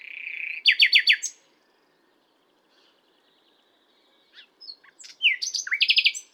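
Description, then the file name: Common nightingale song with a sustained whistle leading into a burst of rapid descending notes, a pause, then clicks and an energetic chattering phrase. "Luscinia megarhynchos"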